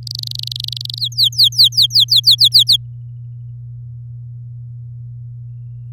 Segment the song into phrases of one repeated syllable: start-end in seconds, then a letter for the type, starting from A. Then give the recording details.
0.07-0.99 A, 0.99-2.77 B. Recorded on 8 May 2018 at 12:46. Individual llb16